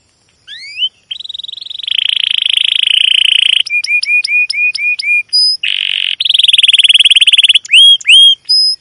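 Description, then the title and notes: Canary song, a long run of rapid buzzy trills and rolls alternating with repeated rising whistled chips and high piping notes, loud and continuous. Domestic canary chirping song used as a lure and master recording to train young canaries to learn sounds. "CUIT CUIT NGEROL LANGSUNG GACOR PANJANG Kenari Ini AMPUH Utk Pancingan KENAR. PANCINGAN Kenari GACOR PANJANG Cuit CUIT EMOSI ini AMPUH utk MASTERAN Kenari PAUD belajar BUNYI. burung kenari"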